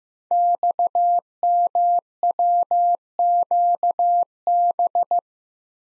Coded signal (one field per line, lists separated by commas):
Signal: Morse code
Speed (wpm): 15 wpm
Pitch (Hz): 700 Hz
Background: none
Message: XMWQB